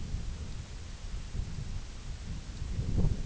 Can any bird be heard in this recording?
no